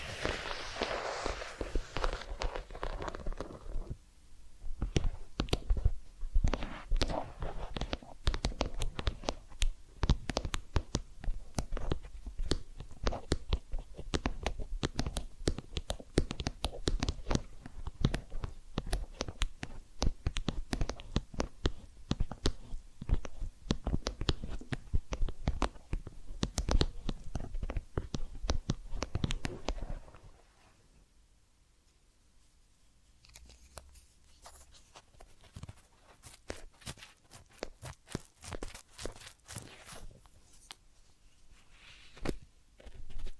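Massage and ear-cleaning sounds: a brief rushing rub opens, then dense, quick taps and crackles run steadily until about thirty seconds. After that the sound drops much quieter, with sparse soft clicks that pick up again near the end.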